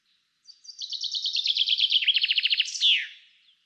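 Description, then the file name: Common chaffinch song, a bright trill of quick notes descending in steps, ending in a short sharp flourish. "Fringilla coelebs"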